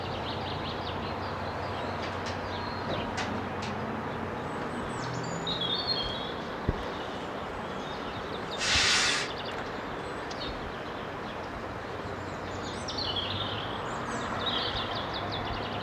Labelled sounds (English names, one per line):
Common Chaffinch song